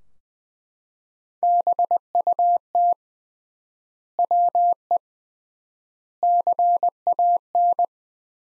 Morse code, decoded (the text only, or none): BUT WE CAN